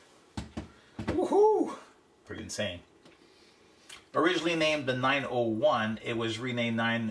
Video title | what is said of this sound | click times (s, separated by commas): SHOW 026 - PORSCHE - EPISODE 04 | I'm gonna just snap into place | 0.4 s